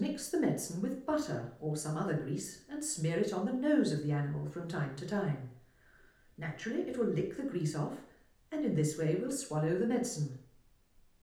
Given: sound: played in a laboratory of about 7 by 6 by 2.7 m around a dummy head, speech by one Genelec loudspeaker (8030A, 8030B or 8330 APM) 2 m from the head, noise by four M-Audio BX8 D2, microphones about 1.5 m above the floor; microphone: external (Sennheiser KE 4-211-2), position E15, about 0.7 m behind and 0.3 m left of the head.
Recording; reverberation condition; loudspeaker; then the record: female speech in English; medium; 60 degrees to the left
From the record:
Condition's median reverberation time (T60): about 510 ms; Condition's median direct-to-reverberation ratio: about -0.5 dB